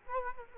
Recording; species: mosquito wingbeat signal from an infrared sensor; Culex quinquefasciatus